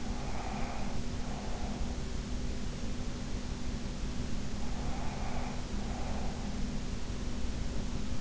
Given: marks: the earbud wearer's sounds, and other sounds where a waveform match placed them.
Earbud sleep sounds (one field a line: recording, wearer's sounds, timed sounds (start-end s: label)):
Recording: sounds in sleep by an in-ear microphone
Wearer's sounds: breath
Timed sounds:
0.00-2.08 s: breath
4.65-6.74 s: breath